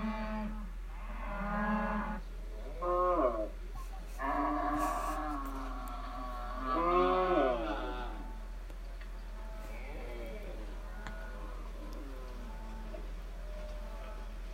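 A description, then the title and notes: Cows moo in a cluster of long, wavering calls during the first eight seconds, then fainter lowing over a steady low hum. Cows.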